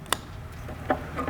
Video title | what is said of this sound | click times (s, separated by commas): 1000 Lumen Reverse Lights for 2019+ Jeep Wrangler JL - How To Install and Demo | these things click in they stay in they're not going to wiggle out if you're going down a trail | 0.1 s